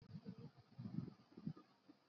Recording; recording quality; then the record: heavy voluntary cough; poor, much background noise or distortion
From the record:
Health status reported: COVID-19 positive, mild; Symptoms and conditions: sore throat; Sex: male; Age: 36 years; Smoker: not ticked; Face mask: not worn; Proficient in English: yes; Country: India